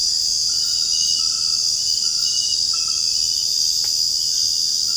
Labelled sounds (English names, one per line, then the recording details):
none
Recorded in secondary vegetation near Puerto Asís, Putumayo, Colombia, on 8 March 2025 at 23:00
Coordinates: 0.502, -76.326
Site G100